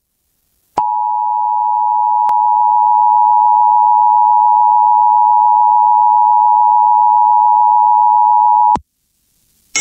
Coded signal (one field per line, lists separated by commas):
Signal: Emergency Alert System (SAME) tones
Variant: 853 and 960 Hz attention tone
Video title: TOR EAS#140